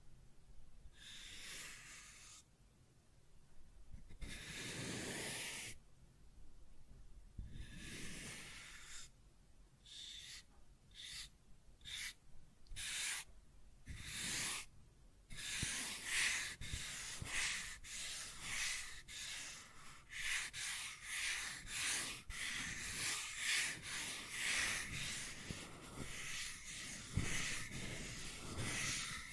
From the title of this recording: Scratching and Tracing Sounds